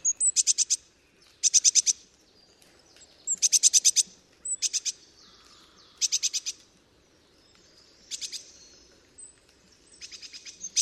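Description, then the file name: Eurasian blue tit song: short bursts of very high, rapid repeated notes, each phrase about half a second long, repeated roughly every one to two seconds, with faint background hiss. "Mesange bleue"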